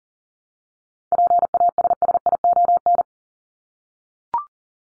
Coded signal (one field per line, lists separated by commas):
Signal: Morse code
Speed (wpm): 40 wpm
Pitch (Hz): 700 Hz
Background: none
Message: PASSION